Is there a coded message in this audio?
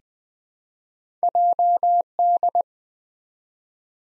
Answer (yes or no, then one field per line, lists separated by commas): yes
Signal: Morse code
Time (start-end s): 1.2-2.6 s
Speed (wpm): 20 wpm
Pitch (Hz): 700 Hz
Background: none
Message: JD